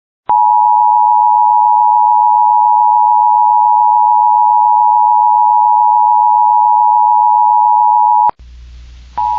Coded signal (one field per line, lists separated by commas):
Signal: Emergency Alert System (SAME) tones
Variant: 853 and 960 Hz attention tone